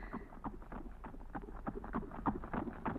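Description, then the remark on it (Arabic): The hooves of two horsemen's horses pound in a quick, steady clip-clop rhythm as they approach near an oasis, a run of sharp thuds that holds fairly even in loudness and rises slightly toward the end, with no voices. “الله، من هؤلاء يا ربي؟ فارسان نحوي قادمان.”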